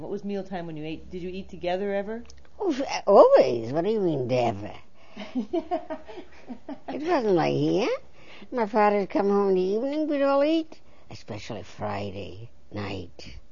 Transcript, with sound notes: What was meal time when you ate, did you eat together ever?
Oh, always. What do you mean ever? (laughs) It wasn't like here. My father would come home in the evening, we'd all eat. Especially Friday night.